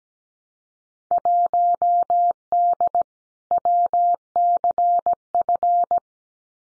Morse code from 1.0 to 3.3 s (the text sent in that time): 1D